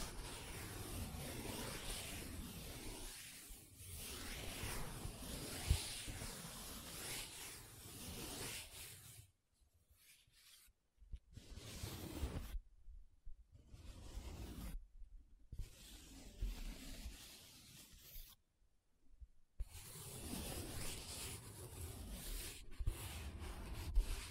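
Paper being rubbed and scratched, a dense rustling scrape that runs continuously for the first nine seconds. After that the sound breaks into short bursts of rubbing separated by silent gaps, then settles into steady scratching again for the last few seconds.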